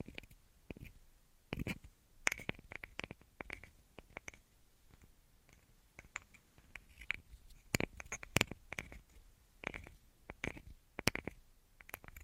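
Irregular tapping in quick clusters and single knocks, some sharp and bright, others duller, with brief quiet gaps throughout and faint scratching.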